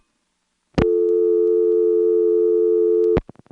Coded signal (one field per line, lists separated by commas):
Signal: telephone call progress tone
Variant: North America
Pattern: dial tone